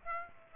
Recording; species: mosquito wingbeat signal from an infrared sensor; Aedes aegypti